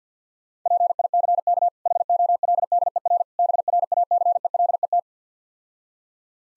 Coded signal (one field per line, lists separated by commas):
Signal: Morse code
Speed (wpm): 50 wpm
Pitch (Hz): 700 Hz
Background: none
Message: PICK HOLDER BRACELET